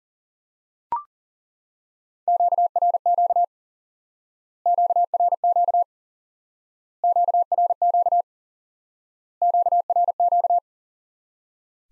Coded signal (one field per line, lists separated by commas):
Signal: Morse code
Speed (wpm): 37 wpm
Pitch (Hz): 700 Hz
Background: none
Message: QRQ QRQ QRQ QRQ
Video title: Course 3 - Lesson 50 - QRQ - Introduce New Element